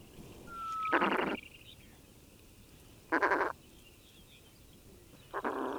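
Steller's eider uttering three harsh, buzzy calls roughly two seconds apart. A thin whistle sounds just before the first call.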